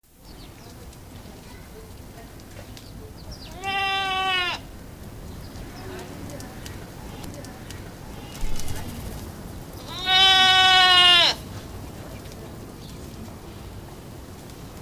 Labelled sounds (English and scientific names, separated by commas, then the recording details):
Barbary Sheep (Ammotragus lervia) call
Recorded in captivity
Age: juvenile
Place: Zoo Berlin, Berlin, DE
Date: 2000-09-07 16:25
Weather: fair, 16°C
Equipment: Nagra SN, Kopie Uher 4000 Report Monitor
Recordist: Tembrock, Günter